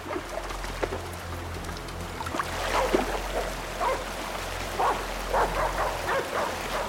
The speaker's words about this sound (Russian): На плоту Магра и Матол поворачиваются на лай.